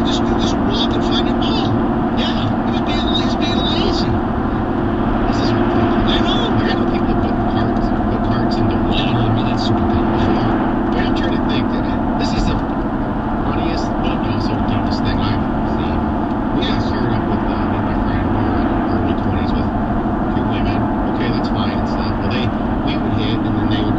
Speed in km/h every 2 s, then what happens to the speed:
116, 118, 118, 118, 116, 114, 113, 113, 114, 114, 114, 109.
0-21 steady at about 114.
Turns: none.